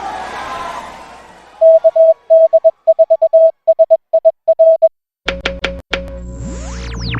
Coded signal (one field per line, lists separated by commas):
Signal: Morse code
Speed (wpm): 21 wpm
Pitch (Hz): 650 Hz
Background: music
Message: KD4SIR